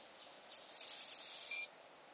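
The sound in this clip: Broad-winged hawk giving a thin two-part whistle, a quick opening note and then a long level whistle of about one second, against silence.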